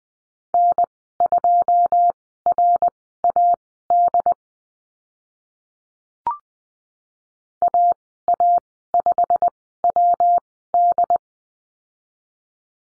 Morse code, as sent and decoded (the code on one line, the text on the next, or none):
-. ..--- .-. .- -.. / .- .- ..... .-- -..
N2RAD AA5WD